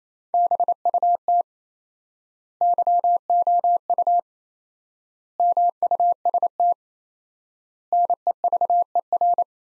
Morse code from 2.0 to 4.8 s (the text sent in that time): YOU